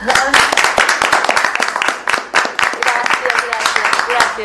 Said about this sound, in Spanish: y le vamos entre todos a brindar un aplauso.